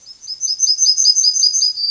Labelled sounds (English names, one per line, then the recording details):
Yellowhammer song
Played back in grassland
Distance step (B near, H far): B
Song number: 060